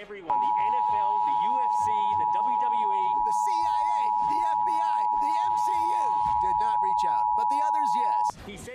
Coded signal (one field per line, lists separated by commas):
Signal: Emergency Alert System (SAME) tones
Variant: 853 and 960 Hz attention tone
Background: speech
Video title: Summer 2021 Emergency Alert System Test Grab Bag (Various Stations)